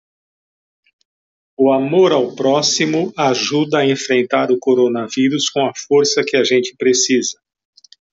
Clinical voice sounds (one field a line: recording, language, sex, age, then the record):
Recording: spoken sentence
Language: Brazilian Portuguese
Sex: male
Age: 50 to 59 years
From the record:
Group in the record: control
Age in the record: 58 years